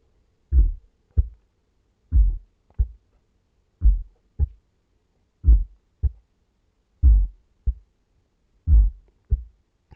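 A slow, steady heartbeat at about 37 beats per minute, each beat a deep, low-pitched lub-dub thud pair.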